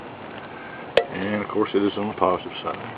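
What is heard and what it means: A winch's quick-disconnect power plug on a custom winch for a Jeep Grand Cherokee is pushed into its mating socket on the receiver mount, where a small lip holds it. A single sharp click at 1.0 s marks the plug clipping in and seating, and someone talks before and after it.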